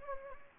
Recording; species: mosquito wingbeat signal from an infrared sensor; Anopheles gambiae